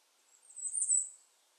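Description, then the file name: Bay-breasted Warbler song, one very high, thin, hissing phrase that swells and fades in about a second, with quiet surroundings. "Bay-breasted Warbler - Setophaga castanea"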